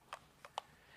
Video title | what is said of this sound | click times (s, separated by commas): iPad and wireless mic tutorial | can tell you put together there's a little click that happens and | 0.6 s